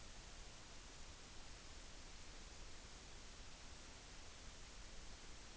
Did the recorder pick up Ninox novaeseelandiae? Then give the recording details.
no. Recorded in New Zealand on 14 June 2013. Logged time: 02:27. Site Ponui